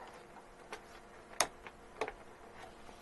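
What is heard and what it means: A plastic or metal front panel of a Hachette Batmobile Tumbler scale model car is lined up on two locating pegs on the chassis and pushed into place. Faint ticks at 0.7 s lead to a sharp, bright click at 1.4 s as the panel seats home, followed by softer taps at about 1.7, 2.0 and 2.1 s. The panel ends up seated on its pegs.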